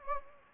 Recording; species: mosquito wingbeat signal from an infrared sensor; Anopheles gambiae